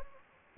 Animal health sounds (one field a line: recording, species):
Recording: mosquito wingbeat signal from an infrared sensor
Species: Anopheles gambiae